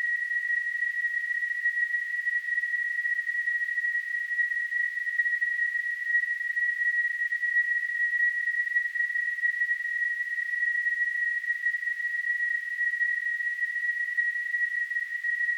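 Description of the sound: Simulated tinnitus: a continuous, steady high-pitched tone near 2 kHz with a faint hiss above it, unchanging in pitch and loudness throughout.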